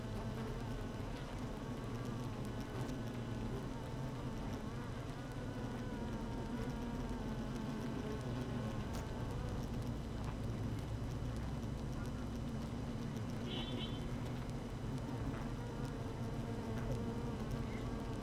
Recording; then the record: honeybee colony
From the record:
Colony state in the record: active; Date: 12 June 2018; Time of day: 7:40